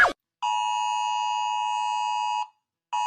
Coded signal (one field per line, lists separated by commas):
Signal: Emergency Alert System (SAME) tones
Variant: 853 and 960 Hz attention tone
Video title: Rating EAS alarms!